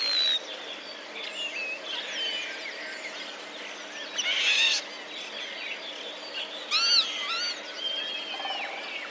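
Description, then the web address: Common starling song, a varied medley of whistled notes, rattles and arched squeals, with a few louder bursts. Common starlings; song containing mimicry borrowed from sparrows; recorded 10 April 2023. "wroblowe zapozyczenia szpaki 10 04 2023"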